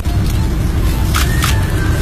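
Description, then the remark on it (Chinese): A few quick camera shutter clicks from reporters on a boat as a head chef fillets and slices Norwegian salmon, spaced irregularly, with two close together near the middle, sounding over a constant heavy low rumble. “听这个快门的声音。”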